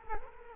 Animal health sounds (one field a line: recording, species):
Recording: mosquito wingbeat signal from an infrared sensor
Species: Culex quinquefasciatus